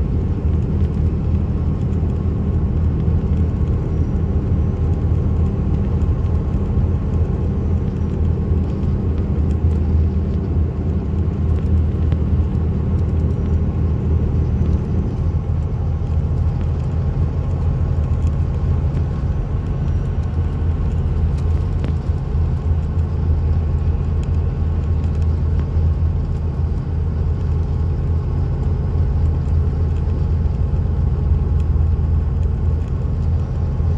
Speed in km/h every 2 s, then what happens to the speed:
108, 109, 109, 109, 108, 109, 109, 109, 111, 111, 109, 109, 109, 109, 109, 109, 109.
0-34 steady at about 109.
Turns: none.